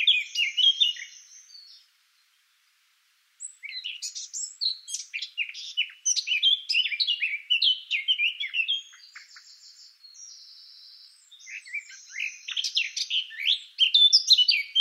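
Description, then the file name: Eurasian blackcap song: rich, fast warbling phrases with scratchy notes, a short pause after two seconds, then a long chattering run ending in loud notes. "Sylvia atricapilla"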